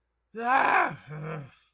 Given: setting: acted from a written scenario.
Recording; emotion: vocal sound without words; negative surprise